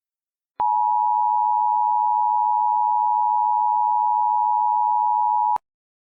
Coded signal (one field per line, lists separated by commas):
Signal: Emergency Alert System (SAME) tones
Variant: 853 and 960 Hz attention tone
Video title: EAS Scenario: The Savior